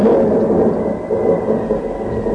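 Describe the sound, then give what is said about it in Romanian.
A thunderstorm fills the whole stretch with a steady, loud, rolling rumble of thunder, low and continuous, over a soft wash of rain, with no voices. “Ascultă, unciule, pe o furtună ca asta, un om care poate să-și reazime capul de un scaun la adăpost, ăla e un om cu scaun la cap.”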